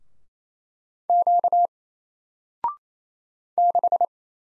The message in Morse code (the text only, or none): Q 6